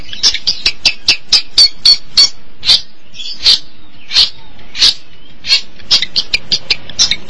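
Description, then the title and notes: Long-tailed Shrike uttering a rapid run of dry rasping notes that slows into spaced, louder harsh chacks, then quickens again at the end. Recorded March 2017. "Pentet 201703. Suara burung pentet"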